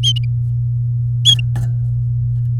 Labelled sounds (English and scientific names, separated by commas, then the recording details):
Domestic Canary (Serinus canaria) song
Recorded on 3 May 2018 at 17:02
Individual llb16